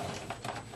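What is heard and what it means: Two plastic Xbox 360 case halves are pressed together by hand to engage their snap clips, with soft plastic handling noise and a couple of light bumps. Nothing has seated or clicked yet.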